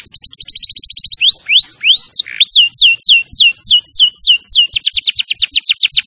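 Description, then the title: Canary singing a quick rattling trill, then rising whistled slurs and descending sweeps, closing with another rapid trill. "Kenari Gacor"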